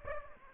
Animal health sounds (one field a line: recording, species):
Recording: mosquito wingbeat signal from an infrared sensor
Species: Aedes aegypti